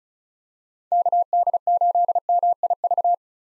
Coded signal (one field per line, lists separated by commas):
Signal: Morse code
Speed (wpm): 36 wpm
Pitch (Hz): 700 Hz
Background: none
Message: KD8MIV